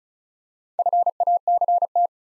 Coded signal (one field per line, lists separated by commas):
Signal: Morse code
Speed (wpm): 36 wpm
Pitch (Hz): 700 Hz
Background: none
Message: FACT